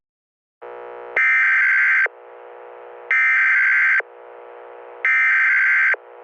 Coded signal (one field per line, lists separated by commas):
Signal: Emergency Alert System (SAME) tones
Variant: header bursts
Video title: EAS during the 9/11 attacks | Historical EAS Scenario